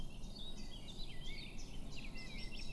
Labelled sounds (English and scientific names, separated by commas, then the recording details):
Eurasian Blackcap (Sylvia atricapilla)
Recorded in Germany
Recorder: ecoPi